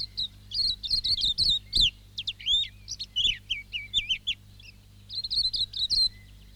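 Silvereye song: high warbled chatter, then slower slurred notes, ending in another fast twittering run.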